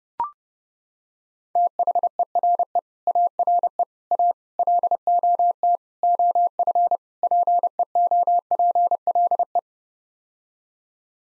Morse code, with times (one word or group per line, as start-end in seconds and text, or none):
1.6-2.8 THERE
3.1-3.8 ARE
4.1-4.3 A
4.6-5.8 LOT
6.0-7.0 OF
7.2-9.6 PEOPLE